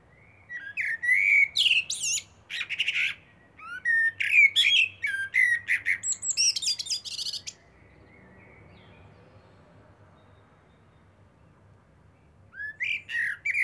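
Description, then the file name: Common blackbird song: several mellow fluted phrases in quick succession, each ending in thin high squeaks, then a quiet gap before another phrase begins. "Turdus merula"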